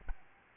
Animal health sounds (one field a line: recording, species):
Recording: mosquito wingbeat signal from an infrared sensor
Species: Aedes albopictus